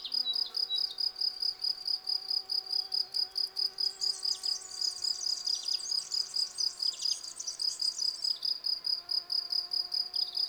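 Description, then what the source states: Field cricket chirping steadily in a bright pulsed rhythm, with bird song twittering in the background. Field crickets singing in a garden lawn at Val Maravel on 18 April 2020, three days into their singing, with fresh new wings giving clear stridulation; recorded on Nagra Seven with cardioid MKH40 microphone.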